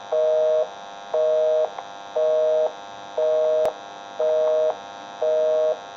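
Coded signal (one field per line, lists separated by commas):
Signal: telephone call progress tone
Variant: North America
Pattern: busy tone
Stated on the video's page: DTMF from a General Electric 27909 cordless telephone with two handsets under repair.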